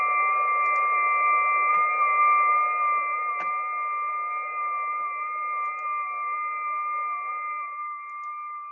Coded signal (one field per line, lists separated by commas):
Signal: FT8